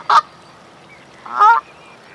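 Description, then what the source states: Bird giving two loud, nasal honks about 1.3 seconds apart, each short and harsh, over a quiet background. Recorded in Canada.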